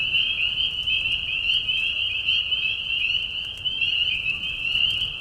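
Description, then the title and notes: Spring peepers in full chorus, countless high piping whistles blending into one steady shrill ring. Mating call of spring peepers in a marsh at night during a short spring season; Tiny Marsh Conservation Area, Tiny, Ontario; high whistles at low volume. "Peeper frogs in the spring. Peeper frogs in a marsh at night. This is a mating call that happens during a very short season in the Spring. The high whistles at a low volume. Tiny Marsh Conservation area in Tiny, Ontario. Anton Pickard. Music for Sleep"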